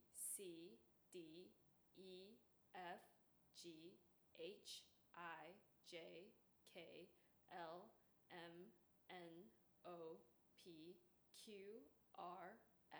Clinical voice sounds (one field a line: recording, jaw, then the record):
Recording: letters of the alphabet, spoken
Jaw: free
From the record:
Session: seven days later